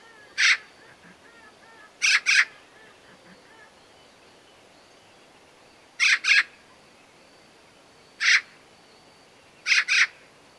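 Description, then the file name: Eurasian magpie calls, harsh grating notes, single or paired, spaced irregularly over ten seconds, with faint thin notes behind. "Pica pica"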